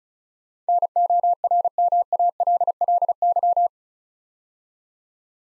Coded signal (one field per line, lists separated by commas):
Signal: Morse code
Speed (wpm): 36 wpm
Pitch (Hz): 700 Hz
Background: none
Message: NORMALLY